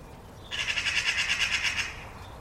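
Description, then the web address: Bird giving a rapid, rattling chatter of harsh pulses lasting over a second, over quiet background hiss. "cianscape birddata Deverinetal"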